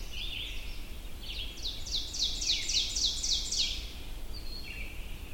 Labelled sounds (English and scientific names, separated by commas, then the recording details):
Ovenbird (Seiurus aurocapilla) song
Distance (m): 20 m
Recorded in boreal forest in Alberta, Canada, on 22 June 2016 at 05:09
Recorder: SongMeter 3, array SBT-6-76
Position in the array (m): 150 m, 99 m
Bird 3